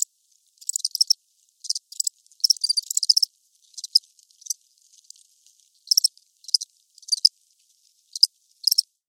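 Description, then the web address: Cricket chirps in short, very high rasping bursts, irregular and spaced by silent gaps, some bursts clustered quickly together. Crickets chirping, recorded close with movement. "Blastwave INSECTS Crickets Chirps"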